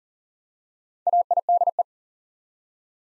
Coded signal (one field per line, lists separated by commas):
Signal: Morse code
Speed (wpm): 38 wpm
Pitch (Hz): 700 Hz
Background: none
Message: AIDE